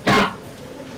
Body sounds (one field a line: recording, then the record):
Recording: coughing mixed with background sound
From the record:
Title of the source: Barking cough - # 10